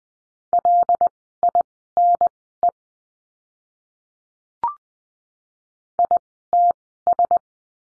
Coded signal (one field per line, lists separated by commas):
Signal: Morse code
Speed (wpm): 19 wpm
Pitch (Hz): 700 Hz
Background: none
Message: LINE ITS